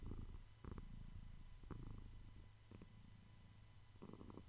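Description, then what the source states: Domestic cat purring: a soft, steady low rumble broken by short breathy pulses about every second. Calming cat purrs and meows for relaxation and sleep.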